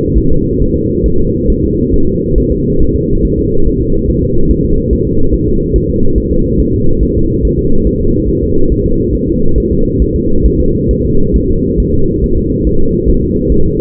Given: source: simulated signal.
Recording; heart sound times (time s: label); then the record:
fetal heart sounds
0.18 s: S1
0.32 s: S2
0.62 s: S1
0.76 s: S2
1.06 s: S1
1.20 s: S2
1.50 s: S1
1.64 s: S2
1.94 s: S1
2.08 s: S2
2.38 s: S1
2.52 s: S2
2.82 s: S1
2.96 s: S2
3.25 s: S1
3.39 s: S2
3.67 s: S1
3.81 s: S2
4.10 s: S1
4.24 s: S2
4.51 s: S1
4.65 s: S2
4.93 s: S1
5.07 s: S2
5.34 s: S1
5.48 s: S2
5.76 s: S1
5.90 s: S2
6.18 s: S1
6.32 s: S2
6.60 s: S1
6.74 s: S2
7.03 s: S1
7.17 s: S2
7.45 s: S1
7.59 s: S2
7.87 s: S1
8.01 s: S2
8.30 s: S1
8.44 s: S2
8.72 s: S1
8.86 s: S2
9.15 s: S1
9.29 s: S2
9.58 s: S1
9.72 s: S2
10.02 s: S1
10.16 s: S2
10.46 s: S1
10.60 s: S2
10.91 s: S1
11.05 s: S2
11.36 s: S1
11.50 s: S2
11.80 s: S1
11.94 s: S2
12.24 s: S1
12.38 s: S2
12.67 s: S1
12.81 s: S2
13.10 s: S1
13.24 s: S2
13.52 s: S1
13.66 s: S2
From the record:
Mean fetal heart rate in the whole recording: 140 bpm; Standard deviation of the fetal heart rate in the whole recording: 2 bpm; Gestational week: 34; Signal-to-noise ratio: -17.7 dB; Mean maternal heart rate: 72 bpm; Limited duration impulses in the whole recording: present